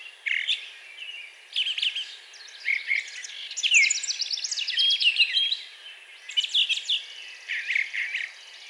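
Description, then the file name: Brown thrasher song: a long run of varied phrases, harsh notes, buzzes and whistles, each phrase often repeated, with short pauses between bursts. Recorded 4 June 2020. "2020-06-04 Brown Thrasher"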